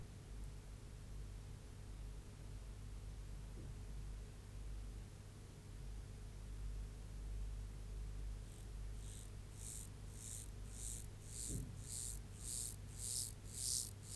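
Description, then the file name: Mottled grasshopper song starting late: around eleven crisp, hissing buzzes that grow stronger, after a quiet stretch with faint rustles. "Myrmeleotettix maculatus"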